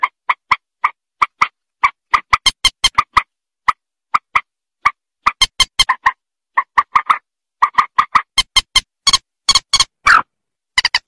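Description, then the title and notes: Rail repeating sharp, nasal clucks in spaced runs broken by denser chattering bursts, with a few longer rasping notes. "Kicau Burung Mandar"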